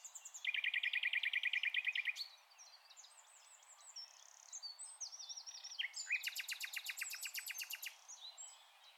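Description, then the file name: Common nightingale song: a fast, loud run of repeated notes, then varied whistles and chirps, ending in another rapid repeated burst. "Luscinia megarhynchos"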